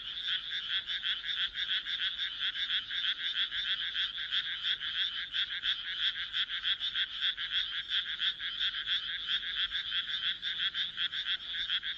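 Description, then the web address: Many frogs croaking at once, a loud, pulsing rasping chorus that never pauses. "kaeru kaeru"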